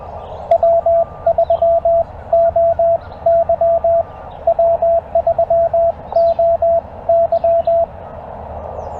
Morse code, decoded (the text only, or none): W3OY W3OY